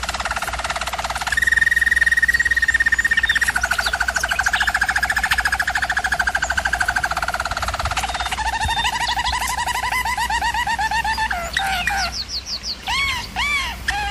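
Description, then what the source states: German Roller canary song: sustained rolled tours at steady pitches, then a lower trill and a few separate whistled notes at the close. Singing used for canary training.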